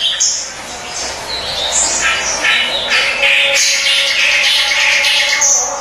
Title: Masteran Suara Merdu Burung Kerak Basi Besar Gacor